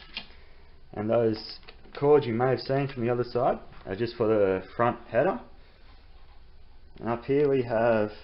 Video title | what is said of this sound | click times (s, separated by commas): PC Build: Part 1 Case | it'll only stop going once you've got it clicked in at the other end | 0.2 s